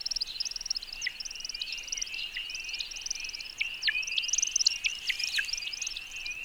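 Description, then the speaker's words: American Woodcock flight display: high, fluttering twitter runs on while sharp downslurred chips cut through it, scattered irregularly throughout. Aerial courtship display; non-vocal song from narrowed, modified outer wing feathers making a whistling sound, with small vocal chips added; usually evening or early morning as darkness falls. "Mais sinon, tiens, j'ai un extrait d'une espèce qui produit un chant intéressant non vocal, la bécasse d'Amérique"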